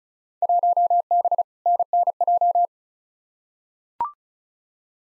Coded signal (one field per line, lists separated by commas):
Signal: Morse code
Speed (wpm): 36 wpm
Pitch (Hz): 700 Hz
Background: none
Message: 1B NNJ